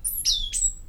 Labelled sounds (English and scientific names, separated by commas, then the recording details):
Stitchbird (Notiomystis cincta) song
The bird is a male
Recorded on Tiritiri Matangi Island, New Zealand, in 2005
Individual 22, of nest box 31